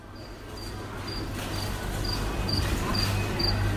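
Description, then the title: Cricket chirping, short high pulses repeated steadily over a low constant hum and indoor background noise. Single cricket indoors in a supermarket. "Grillo al supermercato. Cricket at the supermarket"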